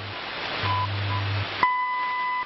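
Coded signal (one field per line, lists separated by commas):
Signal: radio time signal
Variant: WWV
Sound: shortwave hiss with a low hum and brief ticks, then a clear 1 kHz tone near one second long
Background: radio static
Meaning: The long tone marks the exact start of the minute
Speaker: at the tone one hour 58 minutes coordinated universal time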